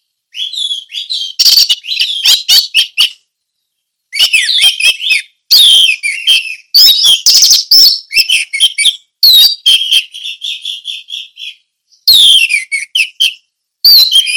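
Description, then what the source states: Orange-headed thrush in long, loud song phrases of rich, varied whistles and harsh chatters, delivered in fast runs broken by short pauses, with no other sounds. Indonesian name anis merah; song style called ngeplong teler.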